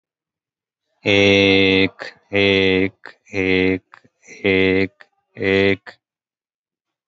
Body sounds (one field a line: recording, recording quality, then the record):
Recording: sustained vowel as in made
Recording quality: moderate, slight background noise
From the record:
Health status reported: COVID-19 positive, mild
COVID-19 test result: positive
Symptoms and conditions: cough, sore throat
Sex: male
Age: 34 years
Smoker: not ticked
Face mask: worn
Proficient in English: yes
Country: India